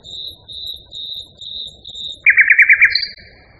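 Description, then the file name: Common nightingale song: five steady pure whistles at an even pace, then a fast buzzy rattle and a short high note at the end. Song variation. "kicauan-nightingale-b-variasi 2-omkicau"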